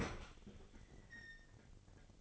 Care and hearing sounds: daily activity, microphone in the room; open fridge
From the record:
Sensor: 4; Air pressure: 996.0 hPa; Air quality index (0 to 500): 67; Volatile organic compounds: 2 ppm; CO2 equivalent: 1215 ppm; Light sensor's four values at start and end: 15/41/15/17 and 14/40/15/17

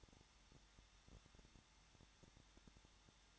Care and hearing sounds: daily activity, microphone in the room; no activity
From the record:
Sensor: 3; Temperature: 21.2 degrees Celsius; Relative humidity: 36.4%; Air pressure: 1006.4 hPa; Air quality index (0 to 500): 223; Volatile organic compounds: 43 ppm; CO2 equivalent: 3191 ppm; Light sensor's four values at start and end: 2/3/2/2 and 2/3/2/2

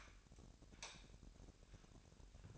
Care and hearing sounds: daily activity, microphone in the room; light off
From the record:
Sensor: 2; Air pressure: 1011.8 hPa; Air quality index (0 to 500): 213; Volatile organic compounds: 3 ppm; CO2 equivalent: 1502 ppm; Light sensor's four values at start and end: 15/41/17/17 and 10/24/10/10

